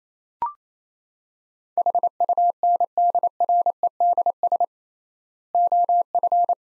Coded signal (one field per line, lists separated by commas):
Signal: Morse code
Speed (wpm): 28 wpm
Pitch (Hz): 700 Hz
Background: none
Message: HUNDREDS OF